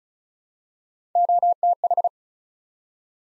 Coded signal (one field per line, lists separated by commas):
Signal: Morse code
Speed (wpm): 36 wpm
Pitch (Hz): 700 Hz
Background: none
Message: OTH